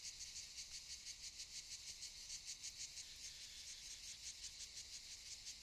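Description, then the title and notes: Buzzing cicada chorus, high-pitched and rhythmic, pulsing rapidly and evenly without a break. Cicadas recorded around 18:40 in the evening on Monte de Valdelatas near Universidad Autónoma de Madrid, Spain, before Madrid reached Phase 3 of COVID de-escalation. "Sonido de cigarras y chicharras. A las 18:40 de la tarde aproximadamente, en el monte de Valdelatas próximo a la Universidad Autónoma de Madrid"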